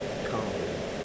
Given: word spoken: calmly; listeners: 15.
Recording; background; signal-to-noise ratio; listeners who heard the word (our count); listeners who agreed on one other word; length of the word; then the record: one English word in noise, from a listening test; speech-shaped noise; -5.3 dB; 1 of 15; 7 of 15; 0.64 s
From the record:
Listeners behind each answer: 7, 3, 2, 2, 1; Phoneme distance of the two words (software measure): 14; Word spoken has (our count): 2 syllables, 5 phonemes, stress on syllable 1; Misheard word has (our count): 1 syllable, 3 phonemes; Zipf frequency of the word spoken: 3.30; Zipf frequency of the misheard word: 4.72